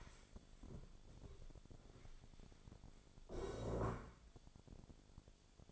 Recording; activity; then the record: daily activity, microphone in the room; stand up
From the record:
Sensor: 5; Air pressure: 1000.5 hPa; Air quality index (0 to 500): 142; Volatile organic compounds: 2 ppm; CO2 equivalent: 1103 ppm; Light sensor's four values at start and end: 44/103/42/44 and 44/103/42/44